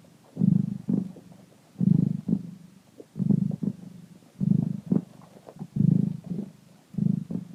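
Cat purr pulsing in low, rolling bursts, about six swells, with faint softer purring in the gaps.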